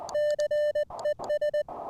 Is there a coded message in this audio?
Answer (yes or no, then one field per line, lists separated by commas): yes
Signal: Morse code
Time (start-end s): 0.1-1.6 s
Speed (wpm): 20 wpm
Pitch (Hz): 600 Hz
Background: none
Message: CES